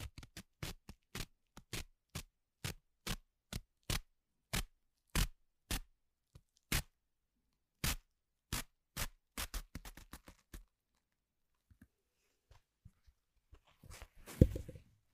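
Sharp cracks and knocks from household objects ring out in a steady, fairly regular run, roughly two per second, for the first nine seconds. A quicker cluster of smaller clicks follows, then a few sparse taps, and a louder crunching scrape closes the clip near fourteen seconds.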